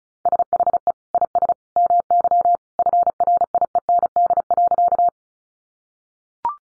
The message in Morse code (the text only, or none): SHE IS MY FRIEND.